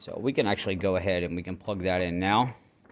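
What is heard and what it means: Someone talks while handling the headlight wiring connector for Spyder headlights on a Nissan Titan, about to plug it into the headlight socket. Two faint, brief ticks come at about 2.9 s after the talking stops. Nothing has seated or clicked yet.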